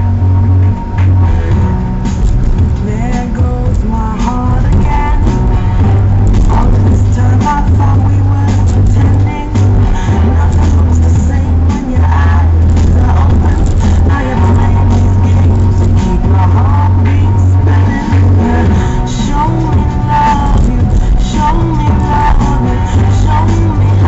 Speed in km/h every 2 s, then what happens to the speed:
43, 45, 48, 51, 52, 53, 55, 60, 66, 68, 65, 61.
0-17 speeds up to 68.